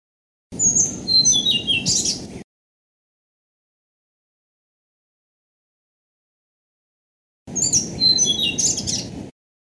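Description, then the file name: Blue-throated flycatcher song repeated twice, each phrase a cascade of thin high whistles stepping down in pitch, separated by several seconds of quiet, with low rumbling noise under each phrase. "kicau sikatan blue throated. omkicau"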